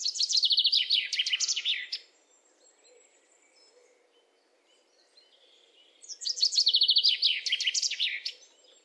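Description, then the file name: Common chaffinch song, two bright trilled phrases with a quiet pause and faint background hiss between them. "Fringilla coelebs"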